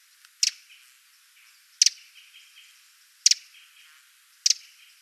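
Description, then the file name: Eurasian wren calls: four sharp, rattly double ticks spaced evenly about every second and a half, over faint background chirping. "Troglodytes troglodytes"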